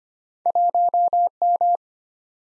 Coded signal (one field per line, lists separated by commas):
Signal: Morse code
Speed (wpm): 25 wpm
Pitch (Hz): 700 Hz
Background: none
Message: 1M